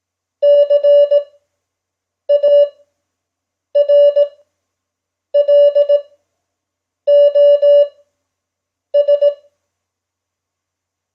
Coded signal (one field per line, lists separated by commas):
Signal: Morse code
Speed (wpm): 18 wpm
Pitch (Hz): 580 Hz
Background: none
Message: CARLOS